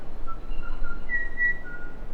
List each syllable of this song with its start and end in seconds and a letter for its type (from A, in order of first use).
0.26-0.33 A, 0.49-0.73 B, 0.81-0.93 C, 1.08-1.28 D, 1.31-1.52 D, 1.63-1.91 E